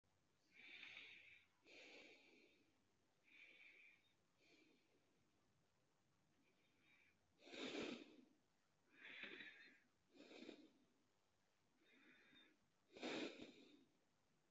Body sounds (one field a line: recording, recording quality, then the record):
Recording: shallow breathing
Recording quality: excellent, no background noise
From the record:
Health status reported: healthy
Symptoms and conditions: diabetes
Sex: male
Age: 50 years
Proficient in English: yes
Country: United States